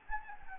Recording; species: mosquito wingbeat signal from an infrared sensor; Anopheles gambiae